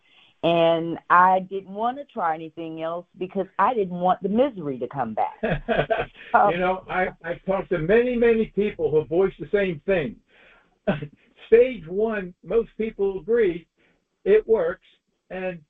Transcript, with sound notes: and I didn't wanna try anything else because I didn't want the misery to come back.
(laughs)
You know, I, I've talked to many, many people who voiced the same thing. (laughs) Stage one, most people agree it works,